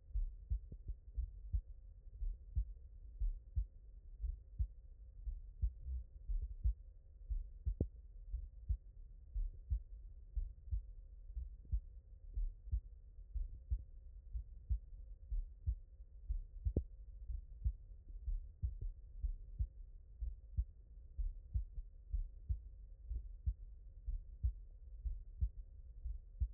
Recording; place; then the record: heart sounds by stethoscope; mitral valve (MV)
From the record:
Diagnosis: non-HFrEF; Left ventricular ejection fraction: 65%